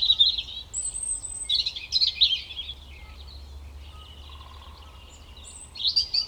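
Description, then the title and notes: European robin delivering short high warbling phrases of liquid trills and thin whistles, a long quiet gap, then a fresh phrase. Recorded at Koniówka, Lesser Poland, Poland, using a Zoom F3 recorder with a Usi Pro microphone on a drop rig. "Koniówka, województwo małopolskie, Polska - Robin, King of the Petland. Recordist: Maciej Wirmański"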